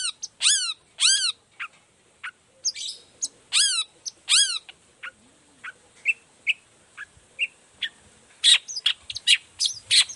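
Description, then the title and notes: Long-tailed shrike song mixing loud repeated chevron-shaped whistled notes with scattered sharp chips and harsh buzzy bursts toward the end. Sung in the morning; 'toet toet' sound variation; used as a lure so other shrikes of any type reply quickly and open their beaks. "Cendet Gacor Dor Di Kala Pagi Toet Toet Variasi Suara. Cendet Gacor Efektif Pancingan Buat Cendet Jenis Apapun Agar Cepat Nyaut Buka Paruh. Burung cendet"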